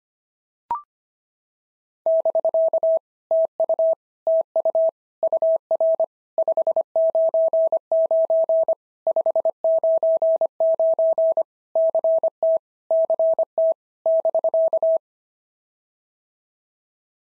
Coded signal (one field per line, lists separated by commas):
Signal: Morse code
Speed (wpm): 25 wpm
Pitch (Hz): 650 Hz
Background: none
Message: <BK> TU TU UR 599 599 CT CT <BK>